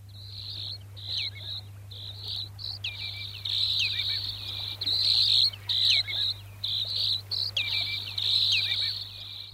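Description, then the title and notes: Broad-billed sandpiper giving dry, buzzy trills in repeated bursts, broken by short downward-slurred notes, with a steady low hum underneath. "Viikon luontoääni: Jänkäsirriäinen. Pertti Koskimies"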